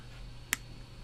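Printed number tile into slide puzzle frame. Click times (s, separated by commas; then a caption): 0.5 s. A 3D-printed plastic number tile for a slide puzzle is pressed into its printed frame and seats with one sharp snap at 0.5 s. The snap stands out briefly above a low, steady background hum.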